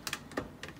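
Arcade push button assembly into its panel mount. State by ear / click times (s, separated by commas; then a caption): not seated / none. A one-piece arcade push button assembly is lined up in its panel mounting hole and twisted to lock it in. Short, sharp plastic handling taps come at about 0.1 s, 0.1 s and 0.4 s, with fainter ticks near 0.6–0.7 s. Nothing has locked or seated yet.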